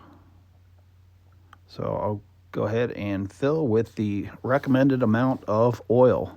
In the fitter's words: I've got this fancy funnel that locks into place on the oil filler.